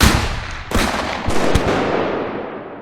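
A firing squad of five militiamen fires CKC rifles from about 20 metres: a burst of sharp shots cracks out in quick succession, several loud reports overlapping, followed by a long rumbling echo that slowly fades away.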